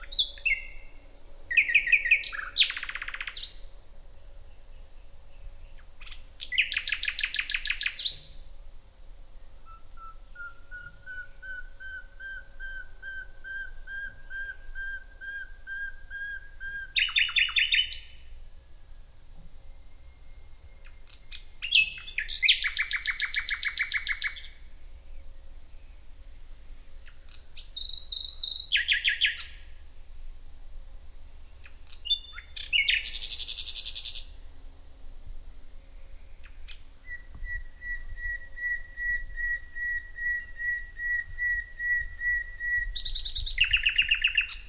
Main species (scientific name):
Luscinia megarhynchos